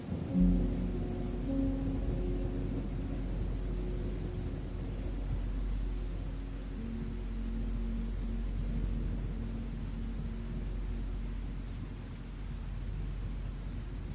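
Music layered with storm sounds: a deep, steady rumble fills the low end for the whole clip, like rolling thunder. Faint sustained tones sit above it, clearer in the first few seconds, with one held note returning near the middle.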